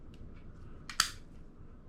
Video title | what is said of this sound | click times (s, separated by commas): Tokarev M-57 Field Strip | click right in | 1.0 s